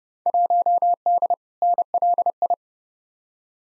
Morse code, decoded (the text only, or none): 1D NLI